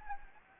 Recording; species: mosquito wingbeat signal from an infrared sensor; Anopheles gambiae